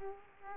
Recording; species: mosquito wingbeat signal from an infrared sensor; Culex quinquefasciatus